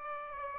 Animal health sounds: mosquito wingbeat signal from an infrared sensor; Aedes aegypti

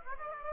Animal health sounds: mosquito wingbeat signal from an infrared sensor; Aedes aegypti

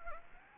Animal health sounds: mosquito wingbeat signal from an infrared sensor; Anopheles gambiae

